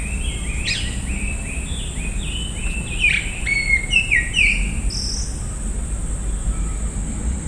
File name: Grey winged Blackbird Turdus boulboul